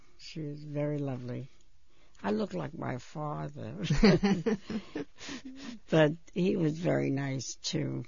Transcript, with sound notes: She was very lovely. I look like my father. ( she laughs ) But he was very nice, too.